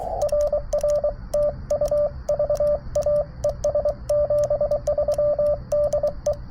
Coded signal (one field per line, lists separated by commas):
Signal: Morse code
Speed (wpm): 23 wpm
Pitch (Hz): 590 Hz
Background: radio noise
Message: RR TU VA ES 73 DE